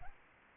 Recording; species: mosquito wingbeat signal from an infrared sensor; Aedes albopictus